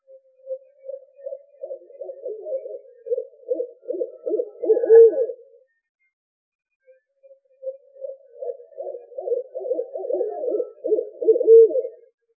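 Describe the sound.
Owl giving a low, tremulous series of pulsed hoots that swells to a strong final note, given twice with a short silence between phrases.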